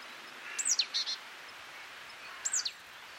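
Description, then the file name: Great tit giving two brief call phrases, each a high falling note, the first followed by short buzzy chatter, against a noisy hissing background. "Parus major"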